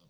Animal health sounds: pig call; piglet (1 to 25 days)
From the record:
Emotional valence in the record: positive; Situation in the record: short reunion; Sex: female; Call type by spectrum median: low-frequency call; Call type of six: low-frequency stable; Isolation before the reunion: 3 minutes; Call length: 0.10 s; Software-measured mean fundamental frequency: 78 Hz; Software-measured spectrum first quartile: 210 Hz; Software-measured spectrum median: 830 Hz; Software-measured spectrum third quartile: 4367 Hz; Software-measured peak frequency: 159 Hz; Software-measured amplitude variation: 52 dB a second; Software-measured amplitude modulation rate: 10.4 a second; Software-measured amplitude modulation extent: 5.0 dB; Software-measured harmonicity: 5.4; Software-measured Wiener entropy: -2.56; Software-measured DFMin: 816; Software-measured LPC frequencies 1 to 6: 1108, 3308, 4733, 5894, 6907, 8273 Hz

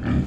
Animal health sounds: pig call; growing-finishing pig (85 days or more)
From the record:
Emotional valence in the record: negative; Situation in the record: barren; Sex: female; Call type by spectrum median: low-frequency call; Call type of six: low-frequency stable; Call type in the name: low-frequency stable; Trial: 1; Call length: 0.27 s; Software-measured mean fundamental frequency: 40 Hz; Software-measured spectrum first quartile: 112 Hz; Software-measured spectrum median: 199 Hz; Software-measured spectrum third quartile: 360 Hz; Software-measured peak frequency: 133 Hz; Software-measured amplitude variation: 99 dB a second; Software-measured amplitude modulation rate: 22.2 a second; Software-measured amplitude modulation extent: 4.5 dB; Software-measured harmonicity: -0.6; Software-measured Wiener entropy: -0.78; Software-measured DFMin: 708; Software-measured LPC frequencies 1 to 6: 220, 1312, 1665, 2406, 3287, 4607 Hz

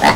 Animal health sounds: pig call; piglet (1 to 25 days)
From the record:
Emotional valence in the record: positive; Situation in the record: reunion after long isolation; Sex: female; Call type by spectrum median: low-frequency call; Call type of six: low-frequency tonal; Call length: 0.15 s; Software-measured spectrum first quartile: 701 Hz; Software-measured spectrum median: 1118 Hz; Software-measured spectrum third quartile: 2438 Hz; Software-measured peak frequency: 884 Hz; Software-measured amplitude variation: 108 dB a second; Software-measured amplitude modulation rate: 16.5 a second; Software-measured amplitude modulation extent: 6.6 dB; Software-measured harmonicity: -0.5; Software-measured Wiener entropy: -1.23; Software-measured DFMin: 759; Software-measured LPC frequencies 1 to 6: 831, 1959, 2836, 3610, 4425, 4950 Hz

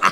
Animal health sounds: pig call; piglet (1 to 25 days)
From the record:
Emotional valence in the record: positive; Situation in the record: before nursing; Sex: male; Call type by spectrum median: low-frequency call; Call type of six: low-frequency tonal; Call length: 0.13 s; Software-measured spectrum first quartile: 1161 Hz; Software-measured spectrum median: 1427 Hz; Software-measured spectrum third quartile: 2315 Hz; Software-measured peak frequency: 1254 Hz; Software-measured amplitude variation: 173 dB a second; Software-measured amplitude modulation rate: 4.0 a second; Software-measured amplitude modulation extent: 43.7 dB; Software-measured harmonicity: 3.4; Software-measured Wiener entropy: -1.32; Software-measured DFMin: 585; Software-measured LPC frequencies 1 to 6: 1205, 1981, 2691, 3292, 4491, 6168 Hz

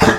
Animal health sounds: pig call; growing-finishing pig (85 days or more)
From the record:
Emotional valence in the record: positive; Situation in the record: enriched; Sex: female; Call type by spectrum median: low-frequency call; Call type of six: low-frequency tonal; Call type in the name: low-frequency tonal, not sure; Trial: 3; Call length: 0.19 s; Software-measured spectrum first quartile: 346 Hz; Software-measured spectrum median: 806 Hz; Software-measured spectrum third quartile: 1771 Hz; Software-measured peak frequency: 217 Hz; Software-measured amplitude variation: 137 dB a second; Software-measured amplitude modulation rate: 7.9 a second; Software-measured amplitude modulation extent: 17.3 dB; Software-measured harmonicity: -1.2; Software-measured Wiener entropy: -0.91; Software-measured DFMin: 786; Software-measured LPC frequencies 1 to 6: 566, 1697, 2624, 3619, 4858, 6075 Hz

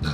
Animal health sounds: pig call; growing-finishing pig (85 days or more)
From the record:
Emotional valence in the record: positive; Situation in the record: run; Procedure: transit

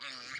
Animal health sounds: pig call; piglet (1 to 25 days)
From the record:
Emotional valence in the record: positive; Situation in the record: short reunion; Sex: male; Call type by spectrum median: high-frequency call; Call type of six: mixed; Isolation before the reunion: 3 minutes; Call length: 0.40 s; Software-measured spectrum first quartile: 1838 Hz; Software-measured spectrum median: 2822 Hz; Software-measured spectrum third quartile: 4470 Hz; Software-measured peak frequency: 2152 Hz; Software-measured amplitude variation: 74 dB a second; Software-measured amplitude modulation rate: 23.8 a second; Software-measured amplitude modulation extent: 3.1 dB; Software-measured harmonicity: -0.4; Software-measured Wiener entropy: -1.08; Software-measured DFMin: 1034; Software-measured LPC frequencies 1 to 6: 1410, 2133, 3682, 4565, 6886, 8111 Hz

